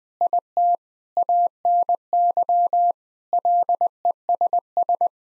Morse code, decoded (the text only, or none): IT ANY LESS